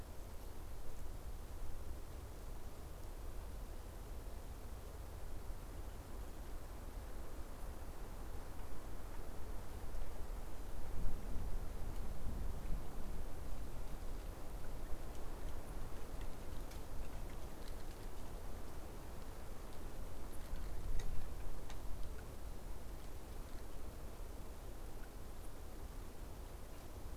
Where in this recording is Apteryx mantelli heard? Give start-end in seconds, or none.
none